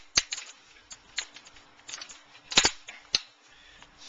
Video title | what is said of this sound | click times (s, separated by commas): Booth Installation | you got to do that until you hear the click sound there you go | 3.1 s